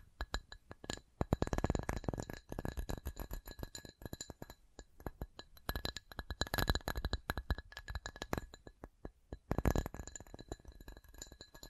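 Rapid tapping on a hard, glassy surface, with clinking, bright clicks coming in dense bursts and short gaps between them. The pace is fast and uneven, with heavier flurries around two, six and a half, and ten seconds, and a thin ringing tone underneath.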